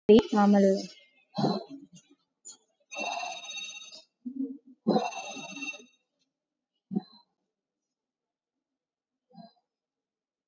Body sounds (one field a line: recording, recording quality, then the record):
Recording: shallow breathing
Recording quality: excellent, no background noise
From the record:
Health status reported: COVID-19 positive, no symptoms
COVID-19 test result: positive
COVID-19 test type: RT-PCR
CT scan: not taken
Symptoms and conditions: none ticked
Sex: female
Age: 34 years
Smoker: no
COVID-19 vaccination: none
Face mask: worn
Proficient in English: yes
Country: India